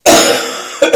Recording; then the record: coughing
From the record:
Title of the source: Cough Around the Clock!